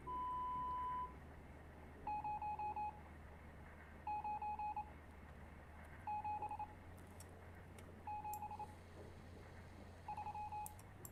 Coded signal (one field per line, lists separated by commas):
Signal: Morse code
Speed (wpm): 25 wpm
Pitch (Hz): 840 Hz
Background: none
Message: 0 9 7 7 3